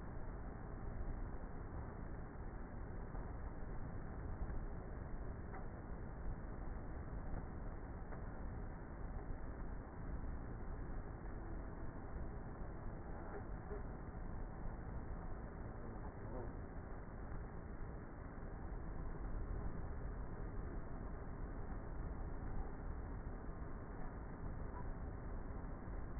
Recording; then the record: honeybee colony, microphone inside the hive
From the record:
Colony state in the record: queenless with a low population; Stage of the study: before two queens were removed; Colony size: about 30,000 bees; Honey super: no